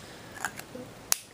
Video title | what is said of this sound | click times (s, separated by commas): Mildly Relevant Reviews - Calligraphy the Easy Way Fountain Pen (Set) | clicks pretty nice as long as the cap does doesn't doesn't break | 1.1 s